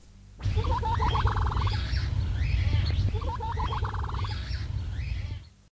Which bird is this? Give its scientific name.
Syrmaticus reevesii